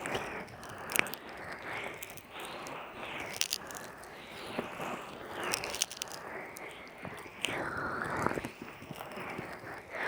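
An ear massage with oil, lotion and a peeling pack: a steady, dense wet rubbing and squishing that never stops for the whole stretch. Sharp little crackles and sticky clicks break through now and then, near one second, three and a half, and eight seconds.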